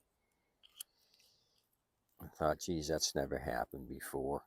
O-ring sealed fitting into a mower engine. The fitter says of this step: I was wondering why it wouldn't click in the place there we go